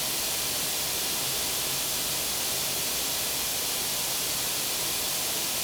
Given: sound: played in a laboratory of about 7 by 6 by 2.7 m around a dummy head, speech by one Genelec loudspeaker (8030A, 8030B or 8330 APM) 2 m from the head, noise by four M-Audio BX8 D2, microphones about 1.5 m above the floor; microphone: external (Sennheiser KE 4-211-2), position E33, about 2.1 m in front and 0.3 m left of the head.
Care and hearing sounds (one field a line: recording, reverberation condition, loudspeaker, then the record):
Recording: white noise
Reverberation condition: medium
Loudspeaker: four, about 170 cm from the corners of the room and facing them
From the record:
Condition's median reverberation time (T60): about 510 ms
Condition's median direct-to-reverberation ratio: about -0.5 dB